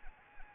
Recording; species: mosquito wingbeat signal from an infrared sensor; Anopheles arabiensis